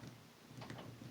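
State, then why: Seated. A white, red and blue plastic corner piece is pushed down into the middle of a 3x3 speed cube being assembled. It gives a sharp click at 0.7 s as it pops into place and seats.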